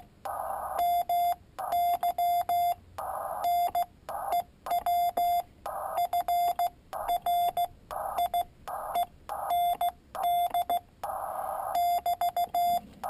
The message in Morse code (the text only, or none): MY NEW FRIEND <BT>